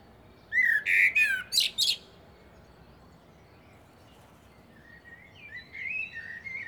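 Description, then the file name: Common blackbird delivering one loud warbled phrase with a high twittering finish, followed after a gap by softer, quieter warbling. "Turdus merula"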